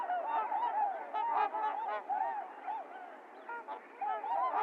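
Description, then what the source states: Trumpeter swans honking, a cluster of bugling notes, then a quieter lull before calling picks up again. Recorded 28 January 2022; low-cut filtered; several swans.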